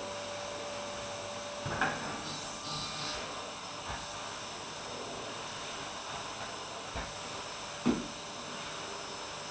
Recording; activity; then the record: daily activity, microphone in the room; vacuum cleaning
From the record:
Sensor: 2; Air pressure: 1007.5 hPa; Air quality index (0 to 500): 32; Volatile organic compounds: 1 ppm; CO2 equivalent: 520 ppm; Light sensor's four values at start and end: 7/16/6/6 and 7/15/6/6